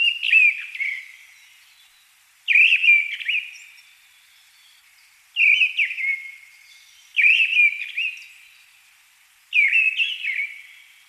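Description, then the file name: Mistle thrush delivering ringing whistled song phrases, five in sequence, separated by short gaps. "Deryaba Turdus viscivorus - Penie"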